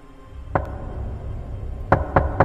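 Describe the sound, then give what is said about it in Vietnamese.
Sharp knocks on a door on a cold night: a single rap, a pause of over a second, then three quick, evenly spaced raps, heard over a low, steady background rumble. “Đúng là tiếng gõ cửa thật.”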